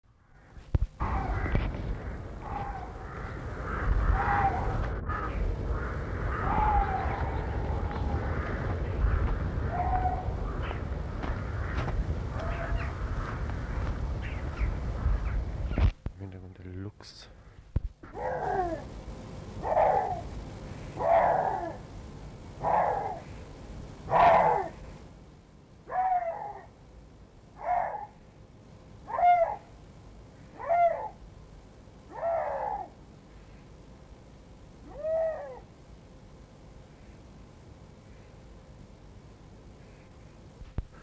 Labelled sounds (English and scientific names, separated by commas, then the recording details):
Eurasian Lynx (Lynx lynx) call
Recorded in captivity
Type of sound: call sequence
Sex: male
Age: adult
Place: Tierpark Berlin, Berlin, DE
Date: 1963-02-16 18:00
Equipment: Minifon, Kopie Smaragd
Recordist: Tembrock, Günter
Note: Europäischer Luchs, Rufreihe des Katers, er lief vorher am Gitter hin und her, geht während des Rufens nach hinten und legt sich hin. Abstand 10-12 m. Zweiter Teil der Aufnahme sehr gut